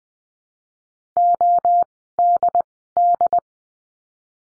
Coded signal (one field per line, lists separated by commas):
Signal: Morse code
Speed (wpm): 20 wpm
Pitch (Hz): 700 Hz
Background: none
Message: ODD